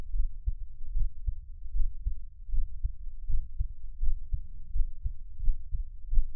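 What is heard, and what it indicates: Low, muffled heart thumps of an adult's own heartbeat, heard close up, repeating at about 82 beats per minute with a soft rumble and no talking.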